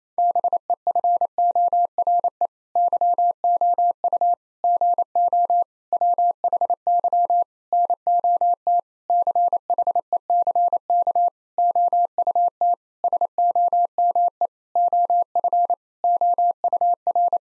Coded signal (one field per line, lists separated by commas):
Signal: Morse code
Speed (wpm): 27 wpm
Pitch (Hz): 700 Hz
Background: none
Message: BEFORE YOU GO WHY NOT CHECK OUT SOME OF OUR